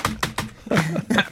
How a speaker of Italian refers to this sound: Senti come batte sulla tastiera, ce lo rifai?